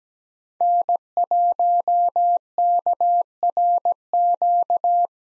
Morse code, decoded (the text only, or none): N1KRQ